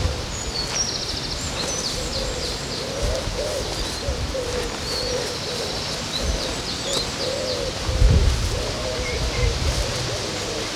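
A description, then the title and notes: Along the river in Odense, Denmark, soft low cooing calls repeat almost continuously, like pigeons or doves, under a steady low rumble. High chirps and twitters from small birds come and go throughout, and a brief louder thump stands out around the eighth second. Sounds along the river in Odense, Denmark.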